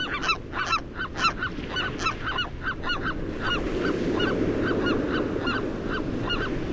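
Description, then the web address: Western gull giving quick, rapidly repeated barking yelps, the notes slightly uneven in timing, with a steady rumbling background. "Songs of Birds of North America Know Your Bird Sounds Common Western Species. Western Gull"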